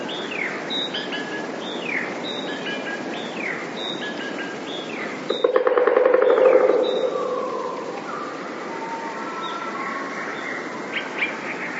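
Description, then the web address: Eurasian blue tit singing a quick series of high, falling notes, repeated steadily, interrupted by a loud rattling burst, with fainter lower whistles in the background. "wroblowe teka 2 spiew 32. wroblowe teka modraszkoteka"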